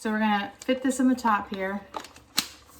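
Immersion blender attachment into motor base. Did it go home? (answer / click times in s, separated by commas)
yes / 2.4 s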